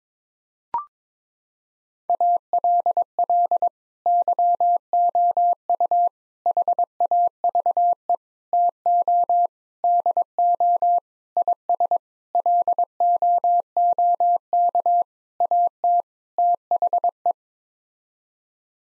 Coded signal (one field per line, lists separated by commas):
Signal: Morse code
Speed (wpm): 22 wpm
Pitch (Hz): 700 Hz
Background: none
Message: ALL YOU HAVE TO DO IS LOOK AT THE